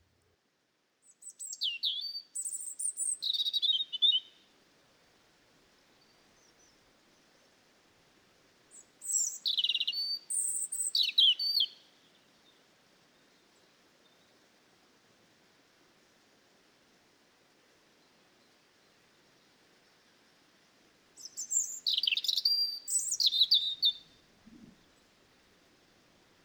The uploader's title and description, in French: DUO DANS LE JARDIN. Un duo bien agréable entre le Rouge-gorge au chant composé d'une petite mélodie avec beaucoup de modulation et la Mésange charbonnière à la succession de notes claires répétées composant une longue phrase en rythme